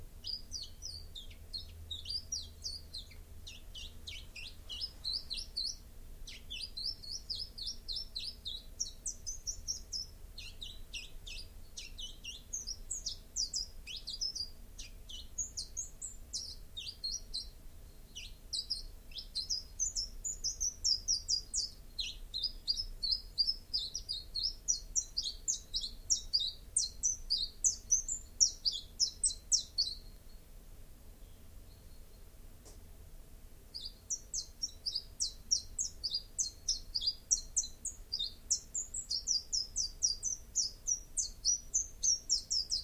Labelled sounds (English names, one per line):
Common Chiffchaff song